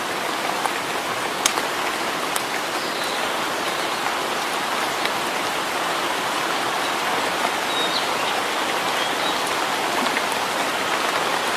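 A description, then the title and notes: Rain falls steadily in a forest in early summer, a dense, even hiss that holds the same level throughout. Sharp drips and taps pop out now and then, around the 1.5 and 2.5 second marks and again later, and a faint bird chirp surfaces briefly near eight seconds. Rainy days in the forest in early summer.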